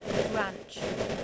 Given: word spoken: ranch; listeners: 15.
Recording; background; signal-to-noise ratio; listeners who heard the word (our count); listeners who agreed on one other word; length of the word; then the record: one English word in noise, from a listening test; noise modulated by three-talker babble; -3.3 dB; 3 of 15; 9 of 15; 0.85 s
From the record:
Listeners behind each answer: 9, 3, 2, 1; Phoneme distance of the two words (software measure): 7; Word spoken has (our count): 1 syllable, 4 phonemes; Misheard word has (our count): 1 syllable, 5 phonemes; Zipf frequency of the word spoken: 3.32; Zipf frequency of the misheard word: 4.10